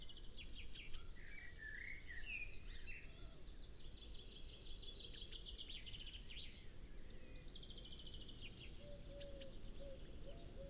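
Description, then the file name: Eurasian blue tit giving three trilled phrases roughly four seconds apart, each opening with a high sharp note. "Cyanistes caeruleus"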